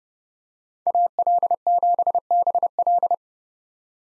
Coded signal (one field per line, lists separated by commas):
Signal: Morse code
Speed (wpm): 30 wpm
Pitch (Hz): 700 Hz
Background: none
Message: AL7BL